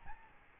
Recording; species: mosquito wingbeat signal from an infrared sensor; Aedes albopictus